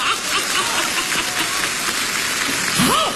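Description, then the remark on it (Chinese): A crowd claps steadily for about three seconds at a crosstalk (xiangsheng) performance, a dense, even crackle of many hands with no break, and a brief voice or cheer rises above it near the end. “桃花潭水深千尺，不及大家送掌声啊！”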